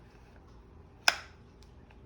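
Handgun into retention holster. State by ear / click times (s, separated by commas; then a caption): seated / 1.1 s. A handgun is pushed slowly into a retention holster until the lock engages. A single loud, sharp click at 1.0 s stands out against quiet background with a few faint ticks. The pistol is locked in the holster. Wait—the click time must be 1.1 s (1.08 to one decimal). A handgun is pushed slowly into a retention holster until the lock engages. A single loud, sharp click at 1.1 s stands out against a quiet background with a few faint ticks. The pistol is locked in the holster.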